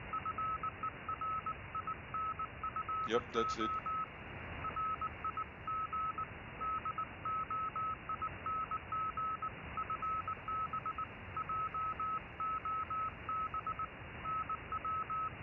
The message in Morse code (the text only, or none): FER INFO RIG DOING FB JOB NW